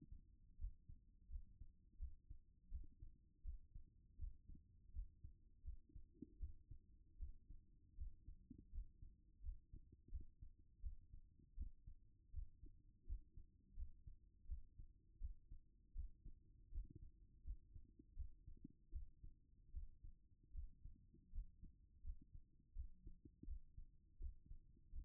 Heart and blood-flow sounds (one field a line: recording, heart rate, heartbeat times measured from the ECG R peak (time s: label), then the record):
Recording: heart sounds by stethoscope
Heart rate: 82 bpm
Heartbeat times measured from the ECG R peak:
0.56 s: heartbeat
1.28 s: heartbeat
1.97 s: heartbeat
2.69 s: heartbeat
3.42 s: heartbeat
4.17 s: heartbeat
4.91 s: heartbeat
5.62 s: heartbeat
6.38 s: heartbeat
7.17 s: heartbeat
7.96 s: heartbeat
8.70 s: heartbeat
9.41 s: heartbeat
10.10 s: heartbeat
10.81 s: heartbeat
11.55 s: heartbeat
12.31 s: heartbeat
13.05 s: heartbeat
13.75 s: heartbeat
14.46 s: heartbeat
15.19 s: heartbeat
15.93 s: heartbeat
16.70 s: heartbeat
17.43 s: heartbeat
18.14 s: heartbeat
18.91 s: heartbeat
19.71 s: heartbeat
20.52 s: heartbeat
21.30 s: heartbeat
22.02 s: heartbeat
22.74 s: heartbeat
23.45 s: heartbeat
24.18 s: heartbeat
24.90 s: heartbeat
From the record:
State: at rest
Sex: female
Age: 50 years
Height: 170 cm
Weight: 70 kg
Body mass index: 24.22